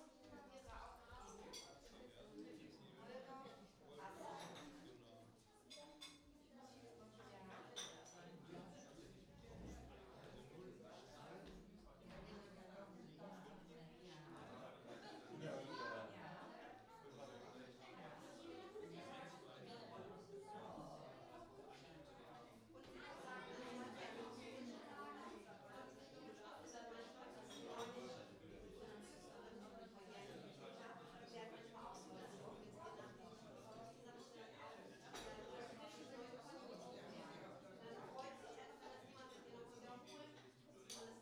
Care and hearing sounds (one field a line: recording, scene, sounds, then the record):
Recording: everyday scene through a hearing-aid microphone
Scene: many people talking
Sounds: many voices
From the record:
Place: parish hall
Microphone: in the ear canal, right